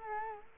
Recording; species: mosquito wingbeat signal from an infrared sensor; Culex quinquefasciatus